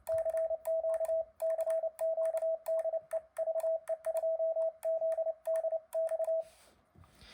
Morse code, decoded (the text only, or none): CQ CQ DE VE2ZDX